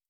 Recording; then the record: hydrophone in a shrimp aquaculture tank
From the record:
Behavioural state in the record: starved